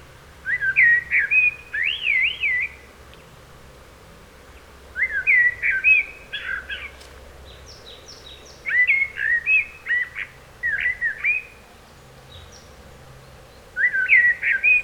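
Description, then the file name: Common blackbird singing: mellow warbled phrases, each closing in thin, high squeaky twitters, delivered in several bursts with short pauses between. "Turdus merula"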